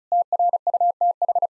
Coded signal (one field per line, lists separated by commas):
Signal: Morse code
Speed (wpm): 36 wpm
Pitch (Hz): 700 Hz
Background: none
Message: TRUTH